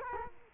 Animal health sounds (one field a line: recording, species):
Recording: mosquito wingbeat signal from an infrared sensor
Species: Culex quinquefasciatus